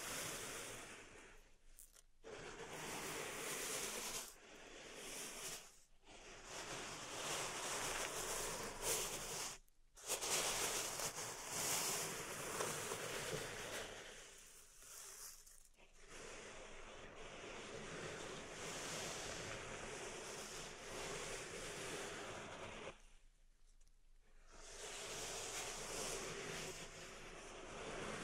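Pink salt raked in a zen garden makes dense, bright hissing sweeps like surf, broken by short pauses near 2, 10, 15 and 24 seconds.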